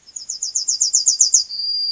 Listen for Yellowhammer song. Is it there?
yes